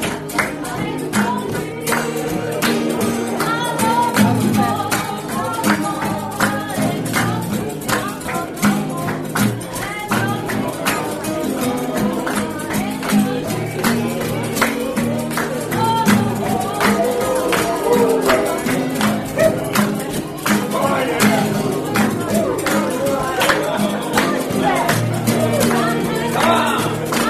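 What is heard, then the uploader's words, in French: A lively bar, filled with a dense, steady murmur of overlapping voices that never lets up across the whole stretch. Short sharp clicks and taps, like glasses and objects being set down, scatter constantly through the chatter at an even level. Kerry's bar a théme une chouette ambiance dans ce bar !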